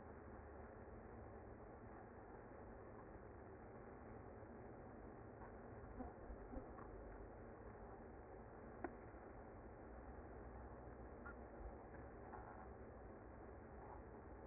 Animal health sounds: honeybee colony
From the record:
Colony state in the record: active

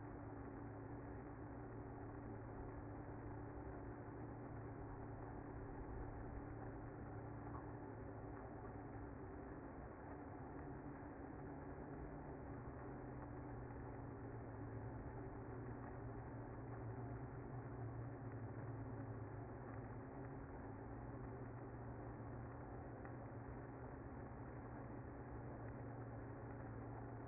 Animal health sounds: honeybee colony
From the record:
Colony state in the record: active

